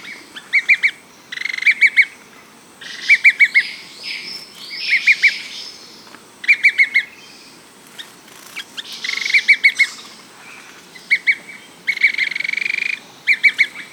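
Bird calls: short clusters of three or four sharp ringing notes repeated every second or two, mixed with harsher buzzy bursts.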